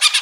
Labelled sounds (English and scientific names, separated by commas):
Brown-throated Parakeet (Eupsittula pertinax) contact call